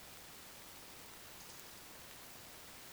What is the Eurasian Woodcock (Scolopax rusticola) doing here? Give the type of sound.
whistle